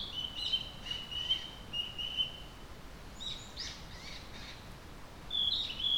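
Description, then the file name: Tit song: clear whistled notes on a steady pitch repeated over the first two seconds or so, then scattered chirps and a final bright whistled phrase. Recorded on 30 April 2022. "kotori no tit alley"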